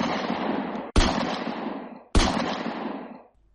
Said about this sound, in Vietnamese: Giữa đêm tiếp tục có 3 tiếng súng nổ ra như xé tan cái âm thanh của biển cả. Trong cái kho vài chục con người đang đứng lặng người vì tiếng súng nổ ra chớp nhoáng vừa rồi.